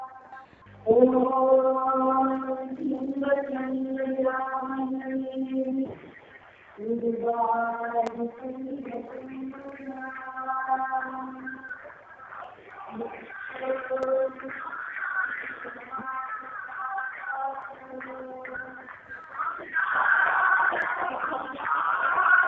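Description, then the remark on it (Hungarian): A crowd accompanying a guru chants together in a sustained, droning song at the Ganga puja fire ceremony by the Ganges in Rishikesh, India, with strong harmonic tones rising and falling in long phrases, pausing briefly before the group singing resumes louder and more layered. “Ez a hang, amit most hallottunk, a gurut kísérő tömegnek az éneke volt.”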